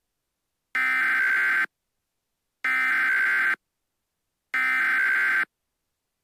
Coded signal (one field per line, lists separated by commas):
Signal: Emergency Alert System (SAME) tones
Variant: header bursts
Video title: EAS Scenario #12: The Frozen Abyss (750 Sub Special)